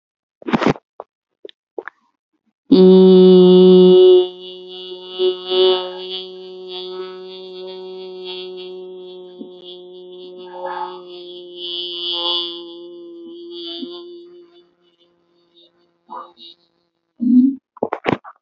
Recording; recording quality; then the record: sustained vowel as in beet; excellent, no background noise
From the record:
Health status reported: healthy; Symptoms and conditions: none ticked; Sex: female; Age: 30 years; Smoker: not ticked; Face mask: not worn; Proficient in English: yes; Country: India